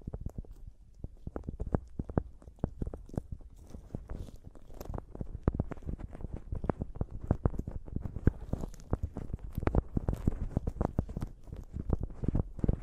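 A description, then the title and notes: Mic tapping fills the whole stretch: quick, dull, thumping knocks, several each second, uneven in rhythm and strength. The hits are mostly low and boomy with a short bright click on top, and they grow busier and louder toward the end. ASMR Mic Tapping and Scratching (No Talking).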